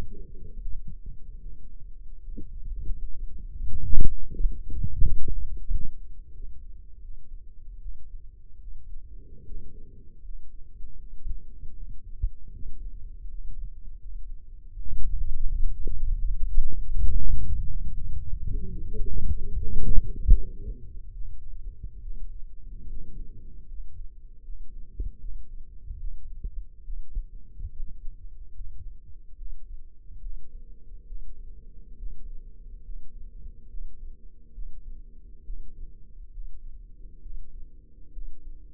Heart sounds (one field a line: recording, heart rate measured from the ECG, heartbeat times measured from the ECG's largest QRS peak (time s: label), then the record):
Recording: heart sounds by microphone in the left ear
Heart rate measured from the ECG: 75 bpm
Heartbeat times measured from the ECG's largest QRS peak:
0.52 s: heartbeat
1.39 s: heartbeat
2.20 s: heartbeat
2.96 s: heartbeat
3.66 s: heartbeat
4.34 s: heartbeat
5.02 s: heartbeat
5.69 s: heartbeat
6.33 s: heartbeat
7.00 s: heartbeat
7.79 s: heartbeat
8.59 s: heartbeat
9.44 s: heartbeat
10.21 s: heartbeat
10.97 s: heartbeat
11.74 s: heartbeat
12.52 s: heartbeat
13.28 s: heartbeat
13.98 s: heartbeat
14.70 s: heartbeat
15.44 s: heartbeat
16.19 s: heartbeat
16.93 s: heartbeat
17.67 s: heartbeat
18.43 s: heartbeat
19.28 s: heartbeat
20.20 s: heartbeat
21.12 s: heartbeat
22.00 s: heartbeat
22.87 s: heartbeat
23.66 s: heartbeat
24.42 s: heartbeat
25.19 s: heartbeat
25.98 s: heartbeat
26.83 s: heartbeat
27.69 s: heartbeat
28.53 s: heartbeat
29.36 s: heartbeat
30.20 s: heartbeat
31.05 s: heartbeat
31.96 s: heartbeat
32.82 s: heartbeat
33.67 s: heartbeat
34.52 s: heartbeat
35.43 s: heartbeat
36.30 s: heartbeat
37.20 s: heartbeat
38.11 s: heartbeat
From the record:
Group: healthy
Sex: male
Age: 35 years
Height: 178 cm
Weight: 64 kg